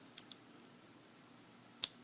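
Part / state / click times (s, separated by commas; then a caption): safety part into pistol frame slot / seated / 1.8 s. A magazine disconnect safety part is reinstalled into its slot in a Ruger LC9 pistol frame: started high in the slot, pressed in with the thumb and slid down. Two small, sharp ticks sound at 0.2 and 0.3 s, then a louder, crisp click at 1.8 s as the part seats.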